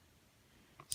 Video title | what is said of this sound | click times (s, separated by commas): Nintendo 3DS Repair | make sure you hear that little click when you close it back up very carefully now | 0.9 s